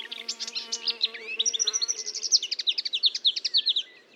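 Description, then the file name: Marsh warbler singing a rapid stream of sharp whistled and buzzy notes, while a low droning buzz sounds during the first half. Recorded at Fontaine-Française, Fourneau, on 1 June 2022 at 10:55, using a Nagra recorder with a Telinga parabolic microphone. "Rousserolle verderolle 1055 Fontaine-Francaise-Fourneau"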